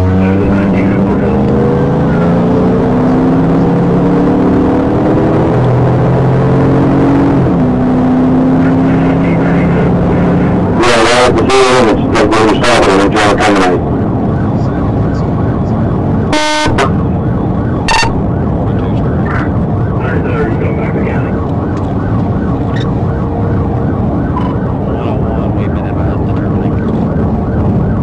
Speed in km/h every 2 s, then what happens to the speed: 71, 90, 108, 121, 132, 138, 138, 140, 137, 132, 132, 132, 126, 116.
0-9 speeds up to 138. 9-23 steady at about 137. 23-28 brakes to 116.